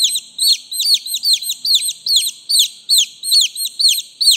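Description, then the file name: Chicken chicks giving shrill falling peeps in a steady, quick series, roughly two or three each second, clean with no other sounds. "Tieng ga con keu"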